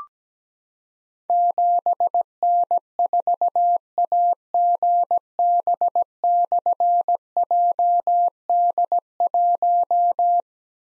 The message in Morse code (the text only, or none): 7N4AGB/JD1